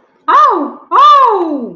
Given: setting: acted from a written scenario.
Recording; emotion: vocal sound without words; positive surprise